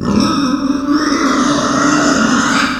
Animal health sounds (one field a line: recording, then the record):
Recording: squeal of a Yucatan mini pig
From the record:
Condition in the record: after surgery on the right vocal fold (resection and tissue-engineered implant)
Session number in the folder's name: 11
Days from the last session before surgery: 98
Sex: female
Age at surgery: 19 weeks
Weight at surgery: 25 kg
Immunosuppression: prednisolone